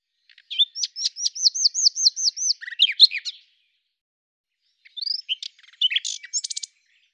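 Common nightingale delivering a long run of repeated looping whistled notes, followed by varied chirps, a pause, and a shorter phrase of mixed notes.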